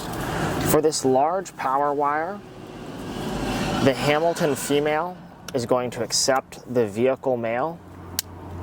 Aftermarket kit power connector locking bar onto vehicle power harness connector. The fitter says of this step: and you'll close that gray bar until it snaps into place